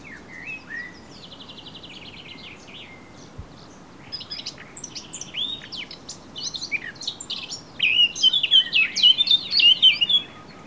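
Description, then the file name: Eurasian blackcap song: a varied, scratchy warble of quick high notes that swells into a louder run of clear fluty phrases near the end, with a soft hiss behind. "Sylvia atricapilla"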